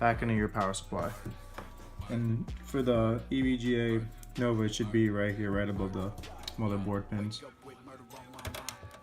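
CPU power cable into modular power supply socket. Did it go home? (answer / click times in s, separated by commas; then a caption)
yes / 8.7 s. Someone talks while the solid end of a CPU power cable is plugged into the back of a modular EVGA Nova power supply, into the socket right above the motherboard pins. After brief soft contact noises at 8.5 and 8.6 seconds, the plastic latch clicks sharply at 8.7 seconds and the cable is seated.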